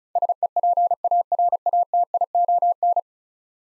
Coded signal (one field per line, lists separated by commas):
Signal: Morse code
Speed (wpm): 36 wpm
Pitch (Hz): 700 Hz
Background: none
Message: SEPARATION